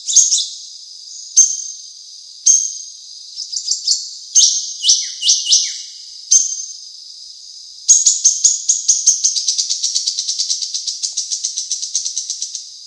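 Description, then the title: Drongo calls: a string of high, ringing metallic notes, some in quick pairs, then a long rapid chattering series that gradually fades out. "Suara Srigunting. Hobiburung. suara burung srigunting"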